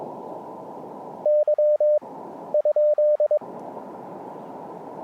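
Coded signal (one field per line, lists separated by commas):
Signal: Morse code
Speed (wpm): 22 wpm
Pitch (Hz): 600 Hz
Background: radio noise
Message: Y ?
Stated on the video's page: QRP CW park activation on an Elecraft KX2 with paddles and a homebrew 40m EFHW antenna.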